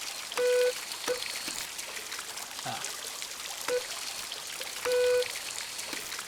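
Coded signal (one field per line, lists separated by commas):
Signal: none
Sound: a game's puzzle sounds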